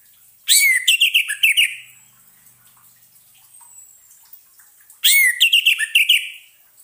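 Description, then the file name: Orange-headed thrush song: two loud bursts of rich, varied whistled and chattering phrases, each about a second and a half long, separated by a quiet gap of several seconds. Sound used as a lure so the bird is not stressed. "suara pancingan burung anis merah agar tidak stress"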